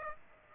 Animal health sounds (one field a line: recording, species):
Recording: mosquito wingbeat signal from an infrared sensor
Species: Aedes aegypti